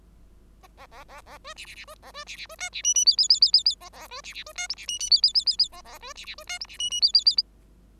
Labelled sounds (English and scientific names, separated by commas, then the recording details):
Bengalese Finch (Lonchura striata domestica) song
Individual Bird5